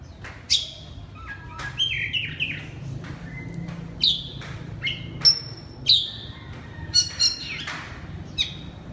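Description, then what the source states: Oriental magpie-robin giving scattered, sharp whistled notes and short phrases with pauses between them. Kacer, the Indonesian name, singing loudly in the style called ngeplong.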